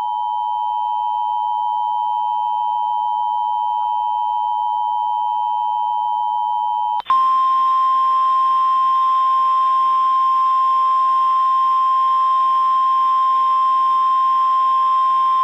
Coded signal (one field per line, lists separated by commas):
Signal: Emergency Alert System (SAME) tones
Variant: 853 and 960 Hz attention tone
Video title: FLASH FLOOD EMERGENCY for Covington and Mandeville, LA! (EAS Recreation)